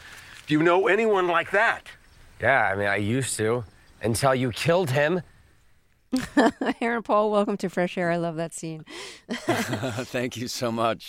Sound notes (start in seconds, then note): 6.1 soundbite of laughter; 9.3 soundbite of laughter